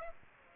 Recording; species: mosquito wingbeat signal from an infrared sensor; Aedes aegypti